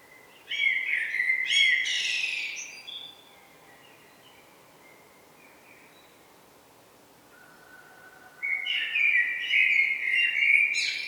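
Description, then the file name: Common blackbird singing two loud phrases with high twittering notes, separated by a quiet gap. "Turdus merula"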